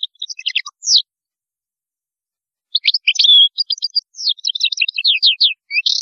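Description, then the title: European goldfinch song, quick liquid twittering notes in a short burst, a pause, then a longer run of tinkling chirps and trills; otherwise quiet. "Chant Chardonneret"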